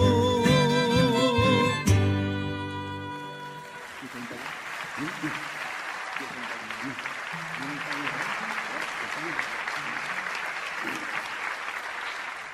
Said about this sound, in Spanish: Ese aplauso que nos están dando, vamos a...